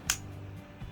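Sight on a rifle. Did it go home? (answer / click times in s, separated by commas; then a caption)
yes / 0.1 s. A sight on a rifle is moved into position and locks with a single sharp, bright click at 0.1 s over a low steady hum, followed by a soft low thump near 0.8 s. The sight clicks positively into place and is seated.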